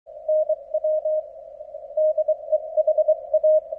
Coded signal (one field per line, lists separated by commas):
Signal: Morse code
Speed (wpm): 25 wpm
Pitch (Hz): 620 Hz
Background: none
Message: NW DEHA